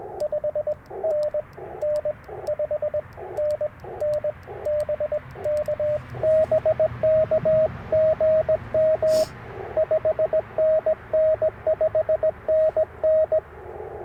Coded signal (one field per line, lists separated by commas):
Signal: Morse code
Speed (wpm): 20 wpm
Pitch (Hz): 590 Hz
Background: radio noise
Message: 5NN 5NN BK BK GM 5NN 5NN